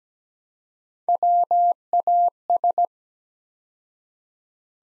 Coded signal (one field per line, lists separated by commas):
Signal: Morse code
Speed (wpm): 17 wpm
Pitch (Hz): 700 Hz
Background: none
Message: WAS